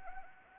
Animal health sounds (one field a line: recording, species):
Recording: mosquito wingbeat signal from an infrared sensor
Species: Anopheles arabiensis